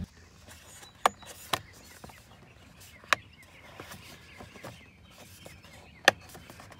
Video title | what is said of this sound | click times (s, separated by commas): Q50 Paddle Shifter Install Made EASY!!! | It's clipped into place, nice and tight. | 1.1 s, 3.1 s, 6.1 s